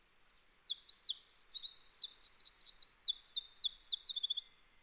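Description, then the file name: Eurasian wren song, high and rapid, with piercing notes and rattling trills, then a series of repeated looping phrases before it stops. "Troglodytes troglodytes"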